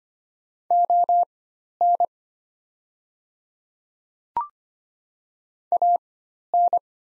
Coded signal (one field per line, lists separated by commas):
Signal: Morse code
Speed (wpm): 25 wpm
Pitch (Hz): 700 Hz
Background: none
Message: ON AN